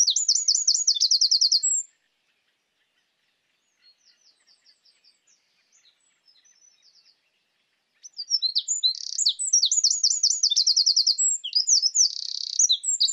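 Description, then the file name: Eurasian wren song: a rattling trill, a pause with faint soft notes, then another loud, fast, high phrase full of trills and buzzes. "Troglodytes troglodytes"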